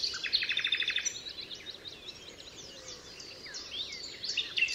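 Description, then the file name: Common nightingale song opening with a fast, even trill of high notes, then varied whistled and chirping phrases. Recorded 27 April 2014 at Altmühlsee. "Nachtigall. Altmuehlsee. Susanne Rieck"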